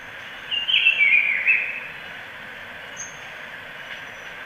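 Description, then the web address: Black-billed peppershrike giving a single warbling phrase of down-slurred whistles, followed by a brief high note and constant background noise. Ecuador. "Natures Songs S America Birds of Ecuador. Black-billed Peppershrike"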